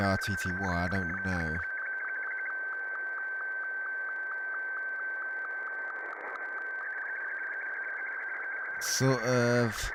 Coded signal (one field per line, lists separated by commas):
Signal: SSTV (slow-scan television)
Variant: Martin 2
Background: speech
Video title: Scanning the airwaves with the SDR